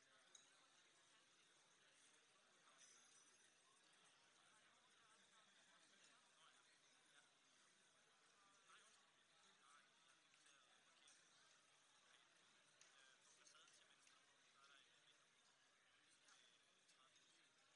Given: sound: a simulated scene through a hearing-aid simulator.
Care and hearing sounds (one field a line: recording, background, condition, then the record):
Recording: conversation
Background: cafeteria (anchor of the quiet scene)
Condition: -6 dB SNR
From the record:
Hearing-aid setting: anchor resembling a broken hearing aid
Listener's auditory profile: A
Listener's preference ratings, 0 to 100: 1, 1, 1